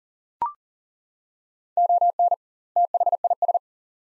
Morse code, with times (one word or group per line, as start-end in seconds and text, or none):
1.8-2.3 ON
2.8-3.6 THIS